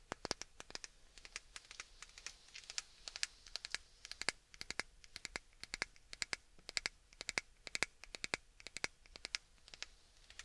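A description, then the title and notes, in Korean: Oily bare-hand ear massage makes a stream of quick, crisp clicks and squishy taps, coming several times a second in uneven bursts. Between the sharp snaps there is a soft, airy rubbing hiss. The sounds are bright and light, with almost nothing low underneath. ASMR 3dio 귀마사지 오일+맨손 ear massage.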